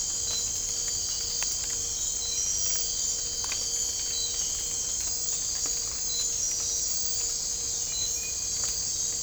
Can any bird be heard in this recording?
no